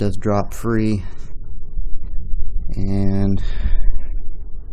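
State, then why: Not seated. A rifle magazine joined to a second magazine by a polymer Magpul MagLink coupler (MAG595-BLK) is handled at the rifle's magazine well while someone talks. Only speech and low handling noise are heard, and nothing has seated or clicked yet.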